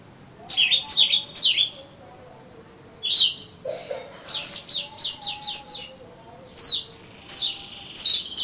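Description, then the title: Oriental magpie-robin song: bursts of sharp, downslurred whistles and chirps at high pitch, in quick clusters separated by short pauses, with a faint steady high tone behind. "Kacer Kacer"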